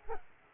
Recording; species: mosquito wingbeat signal from an infrared sensor; Aedes aegypti